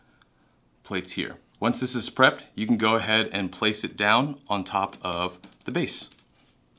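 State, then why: Not seated. A prepared plastic LEGO railroad track assembly is being handled before being placed down onto a LEGO base plate. Someone talks throughout, with a faint tap near 0.2 seconds. Nothing has seated or clicked yet.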